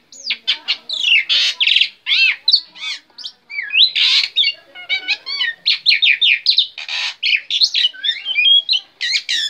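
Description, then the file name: Black-winged myna in continuous song, mixing sweeping whistles, scratchy squawks and buzzy bursts in rapid varied sequence. Black-winged myna singing energetically. "suara jalak putih gacor"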